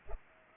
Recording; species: mosquito wingbeat signal from an infrared sensor; Culex pipiens